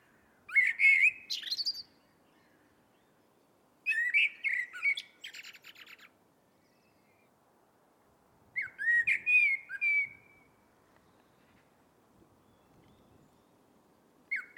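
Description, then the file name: Eurasian blackbird song: four phrases roughly every four seconds, each a low melodious warble followed by high, thin twittering notes, in quiet surroundings. "Turdus merula"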